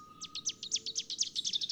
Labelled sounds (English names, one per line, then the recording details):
Rufous-capped Warbler song
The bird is a female
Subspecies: rufifrons
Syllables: 10
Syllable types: 2
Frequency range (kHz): 2.6-7.7 kHz
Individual CS-R11-F